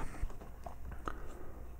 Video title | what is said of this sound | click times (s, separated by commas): Transformers review Fanstoys Grenadier aka Bombshell | um so that snaps into place | 1.1 s